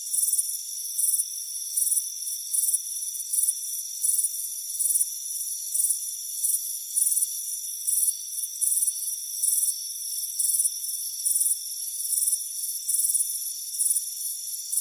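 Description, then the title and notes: Cricket chirps repeat in short, even high-pitched bursts, roughly once a second, above a continuous thin ringing hum. Crickets chirping on a warm afternoon by a front porch. "Soothing Crickets Chirping Sound. It's a warm afternoon as you relax in a hammock on the front porch. Relax and fall asleep to the soothing sound of chirping crickets. Deep Sleep Sounds"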